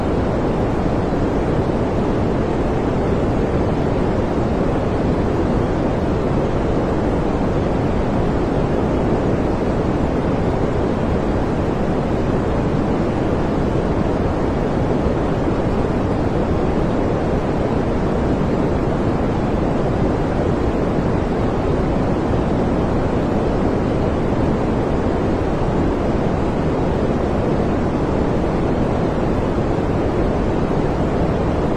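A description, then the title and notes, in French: White noise plays as a steady, dense hiss without change, weighted toward a deep low rumble and muffled on top, like surf. Bruit Blanc 432 Hertz.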